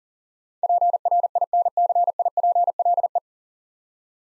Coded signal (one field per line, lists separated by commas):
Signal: Morse code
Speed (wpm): 40 wpm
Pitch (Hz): 700 Hz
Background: none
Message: PRINCIPLE